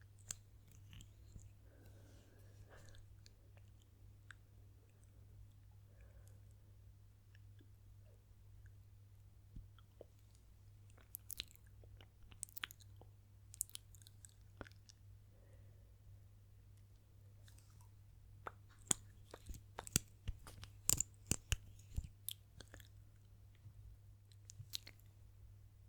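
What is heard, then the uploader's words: Intense mouth sounds: wet clicks, smacks and crunchy bites pop irregularly over a steady low hum, growing busier and sharper after twenty seconds. ASMR Intense Mouth Sounds & Lipgloss Application (No Talking).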